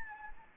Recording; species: mosquito wingbeat signal from an infrared sensor; Anopheles gambiae